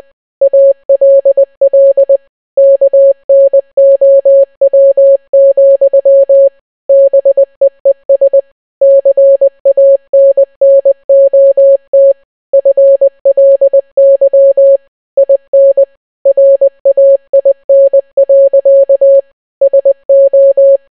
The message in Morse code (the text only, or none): ALL KNOW, BEES CANNOT FLY IN RAIN. SO